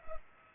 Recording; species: mosquito wingbeat signal from an infrared sensor; Culex pipiens